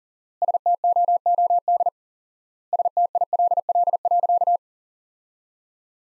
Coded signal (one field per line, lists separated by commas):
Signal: Morse code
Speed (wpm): 40 wpm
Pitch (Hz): 700 Hz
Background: none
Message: STOOD STILL.